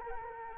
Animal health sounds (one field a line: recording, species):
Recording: mosquito wingbeat signal from an infrared sensor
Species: Anopheles arabiensis